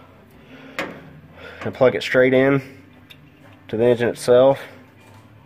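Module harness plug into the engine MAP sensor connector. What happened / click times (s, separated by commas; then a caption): Connector handled, not yet seated / none. The female plug of a module harness is being handled to go straight onto the MAP sensor connector on the engine of a John Deere S670 (JD2804F/JD2904 module installation). Someone talks throughout, with short handling ticks near 0.8 s and 3.1 s. Nothing has seated or clicked yet.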